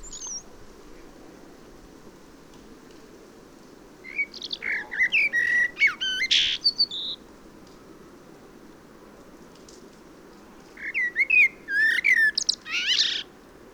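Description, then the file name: Common blackbird song: two separate strophes of low mellow fluted whistles, each ending in a burst of high, scratchy twittering, with quiet pauses between them. "Turdus merula"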